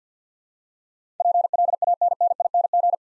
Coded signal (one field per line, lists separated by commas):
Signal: Morse code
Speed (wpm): 48 wpm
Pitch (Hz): 700 Hz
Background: none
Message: PLANNING